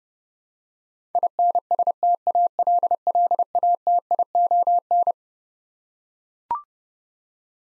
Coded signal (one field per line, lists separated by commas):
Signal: Morse code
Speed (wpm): 30 wpm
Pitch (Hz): 700 Hz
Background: none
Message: INSTALLATION